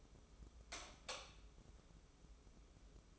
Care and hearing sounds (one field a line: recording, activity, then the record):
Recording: daily activity, microphone in the room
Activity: light off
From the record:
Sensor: 1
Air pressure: 995.4 hPa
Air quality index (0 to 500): 25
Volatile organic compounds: 1 ppm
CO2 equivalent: 508 ppm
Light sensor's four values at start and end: 14/42/16/17 and 11/26/10/11